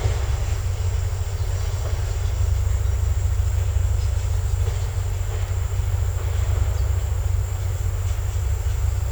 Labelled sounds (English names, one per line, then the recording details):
none
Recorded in secondary vegetation near Puerto Asís, Putumayo, Colombia, on 20 December 2024 at 17:00
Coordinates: 0.468, -76.324
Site G095